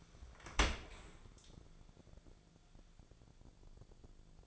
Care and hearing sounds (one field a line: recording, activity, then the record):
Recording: daily activity, microphone in the room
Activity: open dishwasher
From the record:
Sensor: 5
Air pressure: 1000.6 hPa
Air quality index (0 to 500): 151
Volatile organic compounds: 2 ppm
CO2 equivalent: 1163 ppm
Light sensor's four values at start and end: 41/94/40/43 and 42/94/40/44